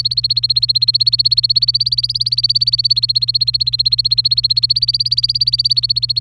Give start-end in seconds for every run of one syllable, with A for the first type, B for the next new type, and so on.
0.00-6.20 A